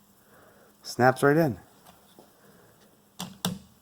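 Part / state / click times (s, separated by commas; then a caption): wiper blade onto wiper arm / seated / 3.5 s. A wiper blade on a 2015 VW Golf Mk7 is slid into place onto the metal wiper arm while someone talks. A click is heard at 3.4 s as the blade snaps in and seats.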